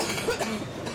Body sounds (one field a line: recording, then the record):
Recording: coughing mixed with background sound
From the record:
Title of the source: 61 morning phlegmy cough...again